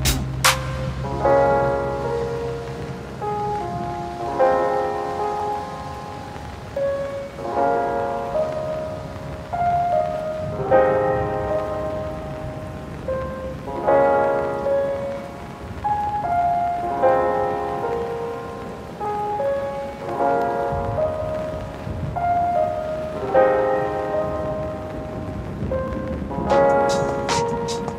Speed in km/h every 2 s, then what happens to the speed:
110, 109, 106, 63, 43, 39, 39, 44, 31, 25, 23, 21, 17, 16.
0-10 brakes to 39. 14-28 slows to 16.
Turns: none.